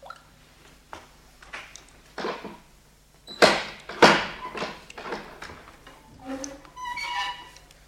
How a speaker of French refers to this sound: filtrant à travers les pierres moisies de la voûte détachait à intervalles réguliers une goutte d'eau qui tombait dans une mare à ses pieds. Cette goutte d'eau était la seule chose vivante, la seule marque du temps qui parvenait jusqu'à elle.